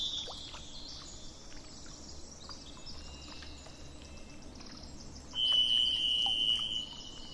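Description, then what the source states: Thrush song: a single long, steady, high whistled tone held for over a second, over constant high hiss and a low rumble. 27 April 2004, with truck noise in the background.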